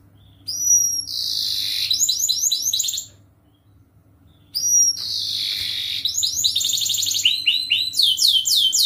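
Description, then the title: Canary song opening with a thin rising whistle, then a buzzy trill and rapid repeated swept notes, a pause, and a longer varied trilling phrase. Gacor canary song with cengkok and isian phrases, used for kicaumania training. "Kenari Gacor Cengkok Isian Kenarigacor Kicaumania Kenari"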